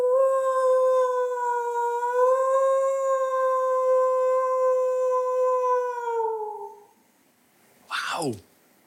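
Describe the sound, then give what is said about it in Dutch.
A person imitates a wolf howl for a studio recording: one long, steady, tonal note held for about six seconds, then sliding downward as it fades, followed by a brief, sharp falling yelp. “Dus ik heb geleerd hoe je huilt als een wolf.”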